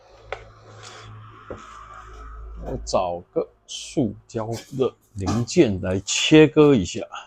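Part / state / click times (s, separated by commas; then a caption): blade into ultrasonic cutter handpiece / seated / 0.3 s. A blade is fitted back into an ultrasonic cutter handpiece after its screws were loosened with a screwdriver to change the blade, and it locks in place with a single sharp click at 0.3 s over a low steady hum. Afterward someone talks.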